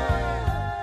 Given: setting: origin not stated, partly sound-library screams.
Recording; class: one-second piece from a danger detection set; normal situation